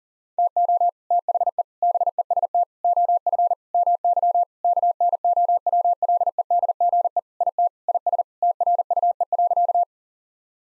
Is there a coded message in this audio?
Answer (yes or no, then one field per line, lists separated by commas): yes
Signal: Morse code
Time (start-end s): 0.4-9.8 s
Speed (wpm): 40 wpm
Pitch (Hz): 700 Hz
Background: none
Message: TO THE BEST OF MY KNOWLEDGE IT IS TRUE.